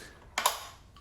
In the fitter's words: Now, once you hear that big click, then that does lock the top half of the scooter in so you can easily carry it away.